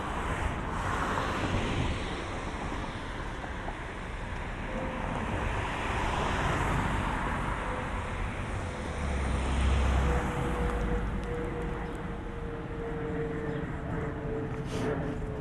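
A walk home through suburban streets, with a steady rush of passing traffic and wind, a low rumble swelling near ten seconds.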